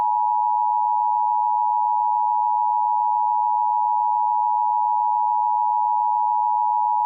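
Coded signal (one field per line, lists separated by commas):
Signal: Emergency Alert System (SAME) tones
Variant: 853 and 960 Hz attention tone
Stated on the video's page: Fictional simulated EAS scenario alert.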